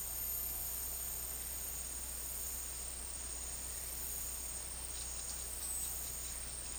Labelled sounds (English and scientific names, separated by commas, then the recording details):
none
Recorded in dense forest near Puerto Asís, Putumayo, Colombia, on 24 March 2025 at 12:30
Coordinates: 0.503, -76.323
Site GP09